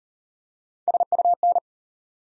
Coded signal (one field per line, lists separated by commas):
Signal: Morse code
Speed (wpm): 40 wpm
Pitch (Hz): 700 Hz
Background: none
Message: SUN